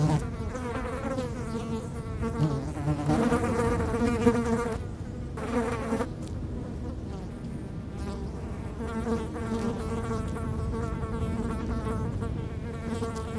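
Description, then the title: Fly: flies buzzing with a wavering hum that comes and goes, over low wind noise. Flies feasting on a dropping in Fenouillet, France, on a windy day near Blagnac airport; Sennheiser MKH8040 ORTF pair with SD MixPre6 recorder. "Chemin de Lombardil, 31150 Fenouillet, France - Festin de mouches"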